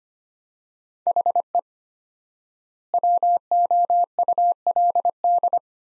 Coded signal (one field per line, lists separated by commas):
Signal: Morse code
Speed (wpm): 25 wpm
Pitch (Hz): 700 Hz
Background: none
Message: HE WOULD